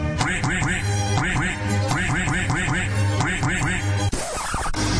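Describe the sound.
A duck quacks over and over in quick, loud, nasal bursts, a steady rhythmic run of squawks that briefly breaks off near the end before a rougher burst follows.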